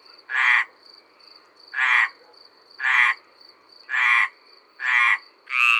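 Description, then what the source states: Mediterranean tree frog croaks: six loud, nasal, rasping calls spaced roughly a second apart, with a thin steady high tone running between them. Several frogs calling by a pond at Malarce-sur-la-Thines, Ardèche.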